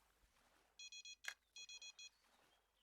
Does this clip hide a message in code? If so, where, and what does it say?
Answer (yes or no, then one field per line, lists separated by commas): no